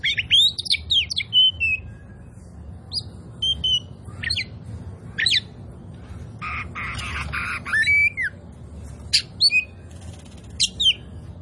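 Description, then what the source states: Oriental magpie-robin song of sweeping whistles and a raspy buzzing passage, then clear slurred notes and sharp chips, over low background hum. Local Indonesian name kacer poci; described as gacor, singing vigorously.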